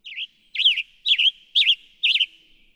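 Western tanager singing five rough, burry phrases about half a second apart, each slurring up and down; nothing else audible.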